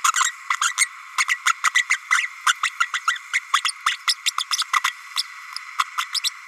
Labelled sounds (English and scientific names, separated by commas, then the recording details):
Green-rumped Parrotlet (Forpus passerinus) babbling
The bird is a female
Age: 32 days
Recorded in a nest box in Venezuela
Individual 17B32A5